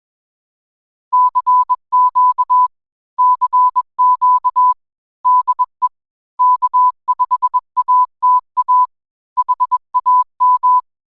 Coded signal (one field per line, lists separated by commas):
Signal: Morse code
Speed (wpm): 21 wpm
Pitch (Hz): 1000 Hz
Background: none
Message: CQ CQ DE K5ATA HAM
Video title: Ham Radio Basics: Ladder Line J Pole Antenna Build